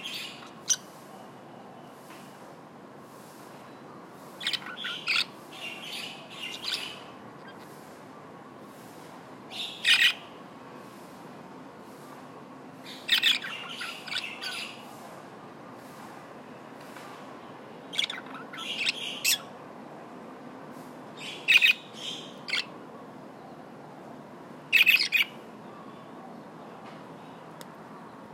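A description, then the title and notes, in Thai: Birds chatter back and forth in short bursts of chirps and squawks, arriving every few seconds with brief quiet gaps between. The calls are bright, the loudest near ten, twenty-two and twenty-five seconds, over a low, steady rumble underneath. เสียงนกหงษ์หยก. คุยกันจู๋จี๋ภาษานก.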